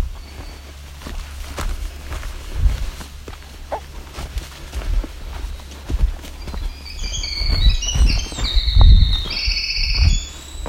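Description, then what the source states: Winter Wren song: a rapid, sparkling run of high trills and chattering notes in the second half, with footsteps and rustling throughout. Singing male on the Bruce Peninsula near an escarpment edge, with at least five singing males estimated in the area; recorded while walking a trail.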